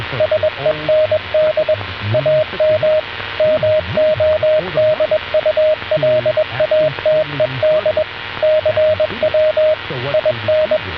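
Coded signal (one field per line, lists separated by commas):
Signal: Morse code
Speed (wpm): 21 wpm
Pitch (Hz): 620 Hz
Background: radio noise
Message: SEND AM MODULATED CW IN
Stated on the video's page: Experimental AM-modulated CW on the VLF band at 10 kHz, received with the QUISK SDR app.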